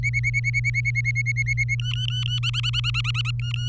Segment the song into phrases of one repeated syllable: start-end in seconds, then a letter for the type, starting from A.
0.03-1.75 A, 1.79-2.40 B, 2.43-3.31 C, 3.40-3.69 B